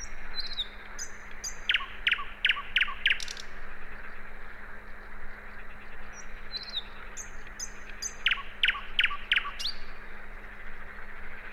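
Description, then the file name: Common nightingale delivering two bursts of loud, rapidly repeated whip-like notes separated by quieter whistles and chips, against a steady low hum. "Luscinia megarhynchos"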